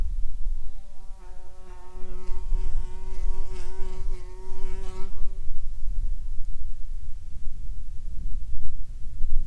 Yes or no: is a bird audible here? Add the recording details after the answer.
no. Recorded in the Prudhoe Bay oil fields, Alaska, on 10 July 2019 at 13:59. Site 14